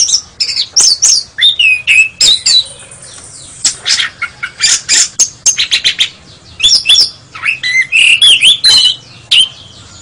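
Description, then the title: Oriental magpie-robin song, loud and varied: rapid whistles, harsh squawky notes and rising and falling phrases delivered in quick bursts with brief pauses. "Kacer"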